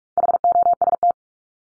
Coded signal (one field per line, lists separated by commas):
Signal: Morse code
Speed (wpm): 44 wpm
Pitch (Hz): 700 Hz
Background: none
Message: HOST